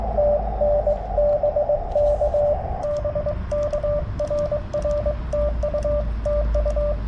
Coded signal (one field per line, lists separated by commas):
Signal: Morse code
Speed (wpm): 22 wpm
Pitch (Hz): 590 Hz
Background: radio noise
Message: TN BK BK RR TU TU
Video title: CW POTA with my new Yaesu FT 891